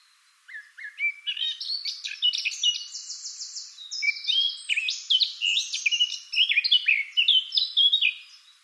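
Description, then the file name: Eurasian blackcap pouring out a continuous, fast warble of high twittering notes and short buzzy trills for about eight seconds. "Sylvia atricapilla"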